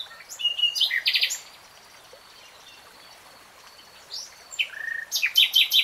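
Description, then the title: Nightingale song with buzzy trills and chirps, a quiet gap, then whistled sweeps and a loud series of repeated notes. Real-time recording, not slowed. "[Tiếng chim hót] 3 Hours REALTIME Nightingale Singing"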